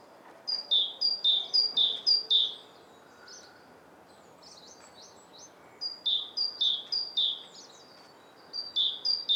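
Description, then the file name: Great tit song: bursts of high two-note phrases, a higher note dropping to a lower one, repeated rapidly in three runs separated by pauses, with faint background hiss. "Parus major"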